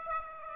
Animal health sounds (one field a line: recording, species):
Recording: mosquito wingbeat signal from an infrared sensor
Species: Aedes aegypti